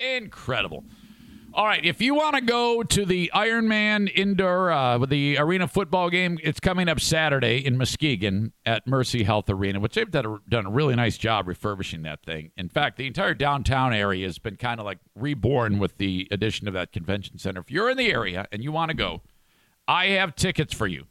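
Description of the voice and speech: An adult man talks steadily in a lively, conversational radio-style monologue, with clear articulation, natural pitch movement and only brief pauses between phrases. His voice is clear, without hoarseness, and his speech flows fluently, with no repeated sounds or blocks.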